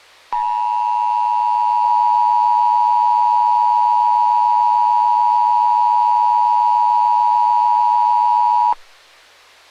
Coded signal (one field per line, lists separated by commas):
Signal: Emergency Alert System (SAME) tones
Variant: 853 and 960 Hz attention tone